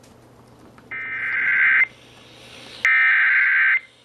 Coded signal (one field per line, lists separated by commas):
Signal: Emergency Alert System (SAME) tones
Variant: header bursts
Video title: THE WRATH OF BUNCHA FLUDDZ... EAS Alerts from 5/18/18 - 5/19/18 (EAS #1,028 - 1,069)